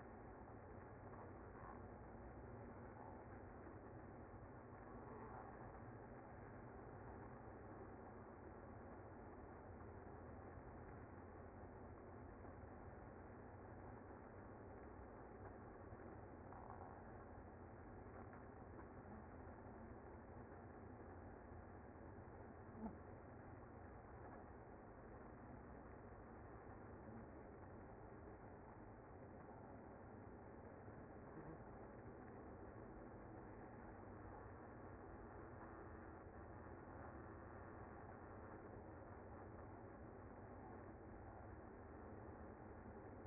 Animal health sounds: honeybee colony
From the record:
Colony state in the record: active

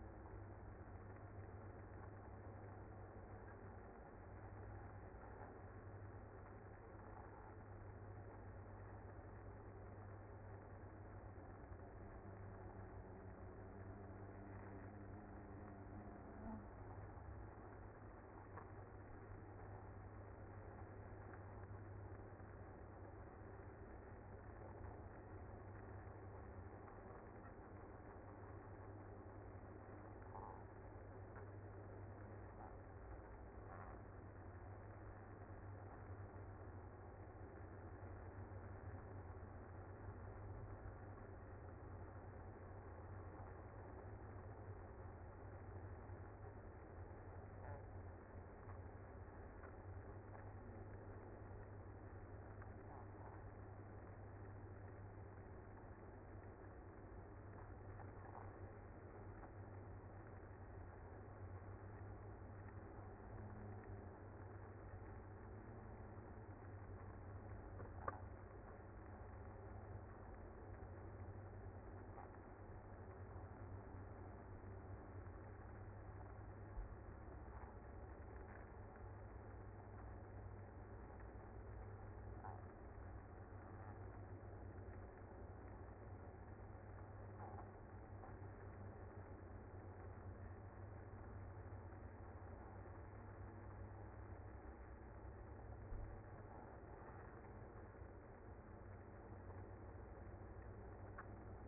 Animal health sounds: honeybee colony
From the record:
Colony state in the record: active

